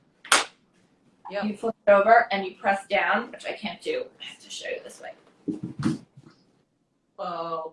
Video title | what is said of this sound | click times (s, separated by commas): Ask the Expert: Baby Bathtubs - Babylist | you'll hear it click into place | 0.2 s, 0.3 s